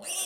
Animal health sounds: pig call; piglet (1 to 25 days)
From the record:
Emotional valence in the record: negative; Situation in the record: short isolation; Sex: male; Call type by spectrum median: high-frequency call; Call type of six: high-frequency stable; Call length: 0.25 s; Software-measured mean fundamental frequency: 201 Hz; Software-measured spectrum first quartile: 3789 Hz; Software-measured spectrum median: 7083 Hz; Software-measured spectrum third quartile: 9163 Hz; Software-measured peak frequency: 9079 Hz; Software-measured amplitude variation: 83 dB a second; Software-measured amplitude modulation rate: 14.0 a second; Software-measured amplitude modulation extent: 5.9 dB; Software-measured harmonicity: 3.4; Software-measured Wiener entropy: -2.22

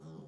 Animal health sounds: pig call; piglet (1 to 25 days)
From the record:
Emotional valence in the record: negative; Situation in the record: short isolation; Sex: female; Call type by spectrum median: low-frequency call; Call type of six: low-frequency modulated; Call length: 0.28 s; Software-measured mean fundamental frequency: 76 Hz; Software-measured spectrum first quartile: 166 Hz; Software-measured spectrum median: 266 Hz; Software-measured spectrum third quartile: 552 Hz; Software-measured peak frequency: 175 Hz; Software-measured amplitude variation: 94 dB a second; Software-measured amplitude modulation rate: 15.9 a second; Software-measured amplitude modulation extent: 5.9 dB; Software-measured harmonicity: 3.1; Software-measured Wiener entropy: 0.10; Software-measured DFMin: 1755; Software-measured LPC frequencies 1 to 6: 1106, 3308, 5501, 6620, 7553, 8631 Hz

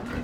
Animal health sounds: pig call; growing-finishing pig (85 days or more)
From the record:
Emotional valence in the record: positive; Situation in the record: run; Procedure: transit

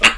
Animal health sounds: pig call; piglet (1 to 25 days)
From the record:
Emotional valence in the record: negative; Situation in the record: crushing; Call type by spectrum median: high-frequency call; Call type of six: low-frequency tonal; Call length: 0.17 s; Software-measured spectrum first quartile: 1650 Hz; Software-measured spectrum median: 2516 Hz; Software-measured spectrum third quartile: 3193 Hz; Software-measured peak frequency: 2726 Hz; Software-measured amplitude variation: 176 dB a second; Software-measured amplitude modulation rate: 5.7 a second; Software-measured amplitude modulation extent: 30.7 dB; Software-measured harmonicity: -0.5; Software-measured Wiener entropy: -1.27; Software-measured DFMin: 701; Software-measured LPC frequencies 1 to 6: 1346, 2284, 2746, 3622, 4529, 6862 Hz

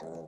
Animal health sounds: pig call; piglet (1 to 25 days)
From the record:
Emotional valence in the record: negative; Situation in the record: long isolation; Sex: female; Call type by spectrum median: low-frequency call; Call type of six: low-frequency modulated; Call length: 0.28 s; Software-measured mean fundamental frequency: 51 Hz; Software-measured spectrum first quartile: 330 Hz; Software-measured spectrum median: 495 Hz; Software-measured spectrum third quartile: 691 Hz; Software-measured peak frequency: 507 Hz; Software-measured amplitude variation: 72 dB a second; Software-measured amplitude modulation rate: 19.3 a second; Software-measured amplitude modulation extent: 3.7 dB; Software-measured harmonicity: 1.0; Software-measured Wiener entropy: -0.10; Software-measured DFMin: 1247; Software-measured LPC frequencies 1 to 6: 527, 1848, 3773, 4562, 5561, 6154 Hz

